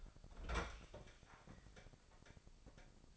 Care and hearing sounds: daily activity, microphone in the room; open fridge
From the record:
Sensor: 5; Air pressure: 995.3 hPa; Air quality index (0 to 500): 89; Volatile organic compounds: 4 ppm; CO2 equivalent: 1668 ppm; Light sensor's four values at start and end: 35/85/34/35 and 39/92/37/38

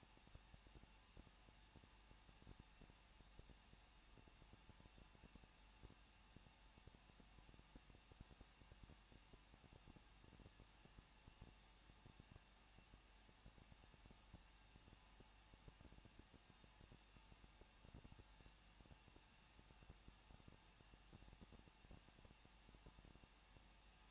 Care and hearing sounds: daily activity, microphone in the room; no activity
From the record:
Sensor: 1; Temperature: 20.1 degrees Celsius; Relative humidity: 39.0%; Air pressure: 1006.6 hPa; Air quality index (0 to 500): 216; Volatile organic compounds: 71 ppm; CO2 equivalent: 3532 ppm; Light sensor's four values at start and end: 1/2/1/1 and 1/2/1/1

